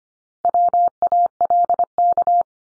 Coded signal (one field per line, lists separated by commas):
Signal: Morse code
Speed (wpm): 25 wpm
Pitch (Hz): 700 Hz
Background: none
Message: WALK